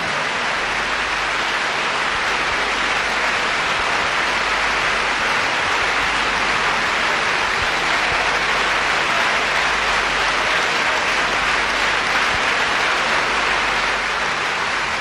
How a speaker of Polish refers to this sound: No i oklaski, jak Państwo słyszą, oklaski trwały ponad 2 minuty w trakcie tego koncertu, czyli podobało się.